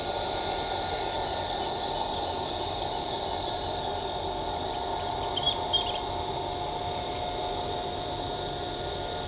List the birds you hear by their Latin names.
none